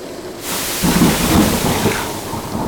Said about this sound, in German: Sind uns auf der Heimreise. Sind aber in einen schweren Sturm geraten. Wir treiben manövrierunfähig in der See.